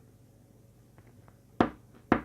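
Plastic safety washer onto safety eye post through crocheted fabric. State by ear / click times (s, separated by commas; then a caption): seated / 1.6 s, 2.1 s. A plastic safety washer is pushed down over the post of a safety eye or nose through the crocheted fabric of an amigurumi chick. After a few faint ticks, it ratchets on with two sharp clicks at 1.6 s and 2.1 s. The washer is seated.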